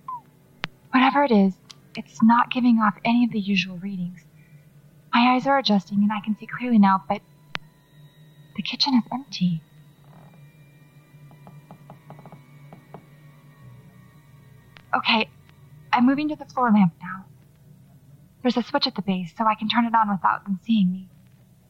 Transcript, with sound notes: Whatever it is, it’s not giving off any of the usual readings. My eyes are adjusting, and I can see clearly now, but… the kitchen is empty.
[Floorboards creak across the room, louder]
Okay… I’m moving to the floor lamp now. There’s a switch at the base, so I can turn it on without them seeing me.